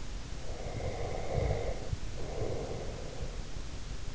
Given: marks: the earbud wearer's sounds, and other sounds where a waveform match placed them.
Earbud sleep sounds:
sounds in sleep by an in-ear microphone; breath
0.49-3.28 s: breath

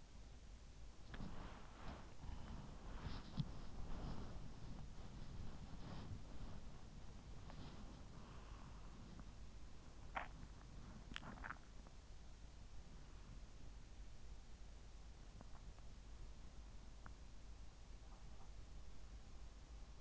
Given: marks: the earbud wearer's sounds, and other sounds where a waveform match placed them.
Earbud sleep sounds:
sounds in sleep by an in-ear microphone; body movement, swallowing
0.44-10.08 s: body movement
10.08-12.11 s: swallowing

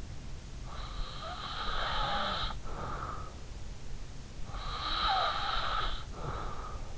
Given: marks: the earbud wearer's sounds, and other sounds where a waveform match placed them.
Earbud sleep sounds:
sounds in sleep by an in-ear microphone; breath
0.58-3.55 s: breath
4.41-6.98 s: breath

